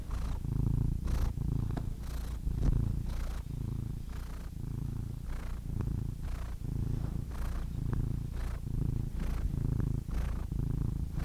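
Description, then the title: Domestic cat purring in a continuous deep rumble, rhythmically swelling and easing with quick breaths throughout, with faint rustle noise on top. Compilation of domestic cats ranging from kittens to old cats. "The Ultimate Compilation of Adorable Cat Meows 🐱😺 #CatMeows #CuteKittens"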